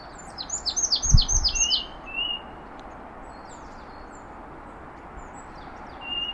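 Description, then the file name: Marsh tit uttering a fast burst of high downslurred notes, interrupted by a low thud, then a short flat whistle; faint high calls follow in the quiet. "Poecile palustris"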